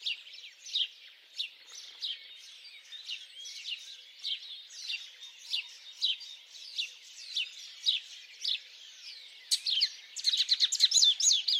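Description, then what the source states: Bird song of softer chirps spaced roughly every half second, ending in a burst of rapid high notes. Birds singing at dawn.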